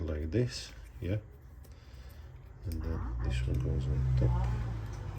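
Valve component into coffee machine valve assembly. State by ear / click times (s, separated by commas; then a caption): not seated / none. During a repair of a Breville coffee machine with no water coming out, a small internal valve component is handled and positioned on top of the machine's valve assembly while someone talks. Faint handling noises sit under the speech, and nothing has seated or clicked into place yet by the end of the clip.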